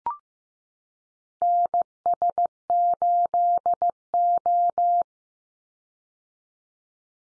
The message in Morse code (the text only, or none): NS8O